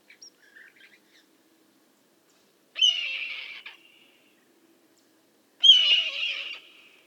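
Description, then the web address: Red-tailed hawk delivering two harsh, raspy screams about three seconds apart, each loud at the start and fading; a few faint chirps come before them. "sound red-tailed-hawk. دانلود-صدای-عقاب-دم-قرمز"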